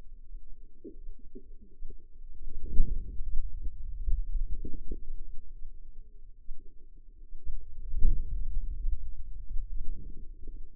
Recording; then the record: forearm muscle sounds (acoustic myography)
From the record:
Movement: hand closing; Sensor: system 2, bracelet of six BSWA MPA416 microphones around the upper forearm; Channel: 1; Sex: female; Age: 25 years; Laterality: right